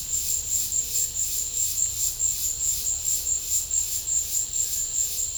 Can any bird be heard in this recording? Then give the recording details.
no. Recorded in pastures near Puerto Asís, Putumayo, Colombia, on 26 December 2024 at 13:30. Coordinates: 0.496, -76.326. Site G004